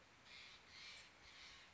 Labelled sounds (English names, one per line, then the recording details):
Steller's Jay
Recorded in Sonoma County, California